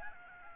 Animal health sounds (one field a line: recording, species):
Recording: mosquito wingbeat signal from an infrared sensor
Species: Aedes albopictus